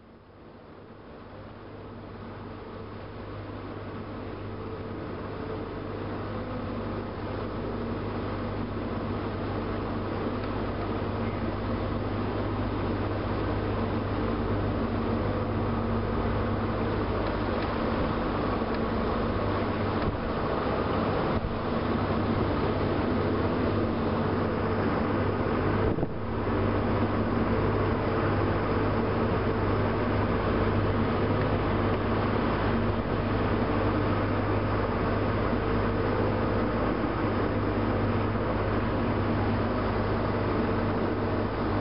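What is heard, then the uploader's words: A longboat ferry motors down a river, its engine a steady low drone with a firm hum near the bottom and a dense rumble above it. The sound swells up over the first fifteen seconds, then holds constant, with brief dips near twenty-one and twenty-six seconds. Laos - longboat ferry down the Mekong. Traveling down the Mekong river south of Luang Prabang, Laos on a longboat ferry in the late afternoon.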